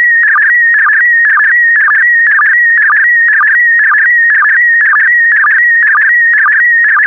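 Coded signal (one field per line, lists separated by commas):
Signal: SSTV (slow-scan television)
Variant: PD120 mode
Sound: warbling whistle near 2 kHz with a low chirp blip about twice a second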